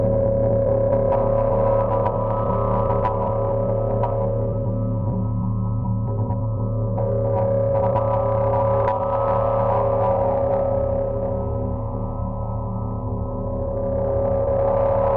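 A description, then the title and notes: Processed sine tones hold a dense, steady drone made of several stacked pitches, with one bright tone ringing clearly above a low, thick hum. Faint clicks and gritty flickers pass through the upper range, and the top grows brighter and hissier toward the end. Raw processed sine tones. Most of it done in AudioMulch...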